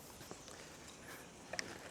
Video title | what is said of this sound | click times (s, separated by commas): Segway Navimow X3 Setup Tutorial – Complete Installation Guide - Robot Lawn Mowers Australia | This then just clips onto the pole. Clicks into place. | 1.5 s, 1.6 s